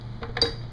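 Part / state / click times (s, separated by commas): blender pitcher into motor base / seated / 0.4 s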